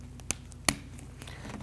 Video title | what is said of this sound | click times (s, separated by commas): How to Replace Front Wiper Blade Set 2010-2019 Ford Taurus | You're going to feel and hear engage and lock. And you won't be able to move that anymore. | 0.3 s, 0.7 s